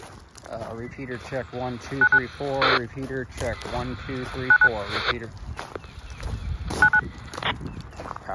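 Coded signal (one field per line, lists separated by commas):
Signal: DTMF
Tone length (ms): 80 ms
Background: speech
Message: 99 9 99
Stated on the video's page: DTMF heard through a temporary GMRS repeater built from Baofeng UV-5R radios with an RPT-2K repeater interface box; operational test.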